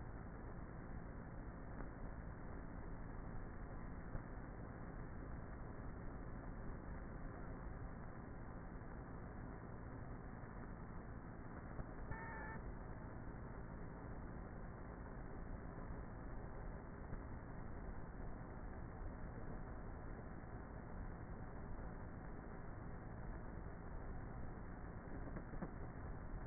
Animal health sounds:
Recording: honeybee colony, microphone inside the hive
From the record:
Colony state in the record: queenless with a low population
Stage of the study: before two queens were removed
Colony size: about 30,000 bees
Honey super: no

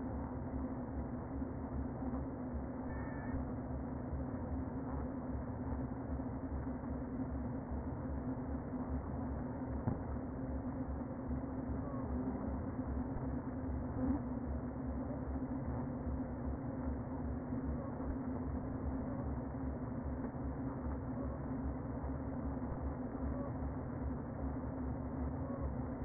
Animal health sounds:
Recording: honeybee colony, microphone inside the hive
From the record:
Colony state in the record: queen present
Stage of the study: before two queens were removed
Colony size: about 60,000 bees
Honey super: yes

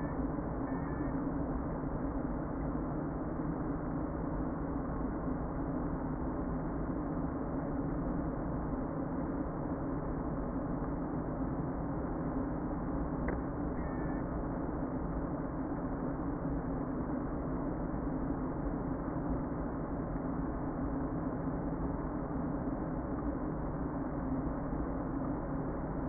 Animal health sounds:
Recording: honeybee colony, microphone inside the hive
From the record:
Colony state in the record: queen present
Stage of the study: before two queens were removed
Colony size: about 60,000 bees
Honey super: yes

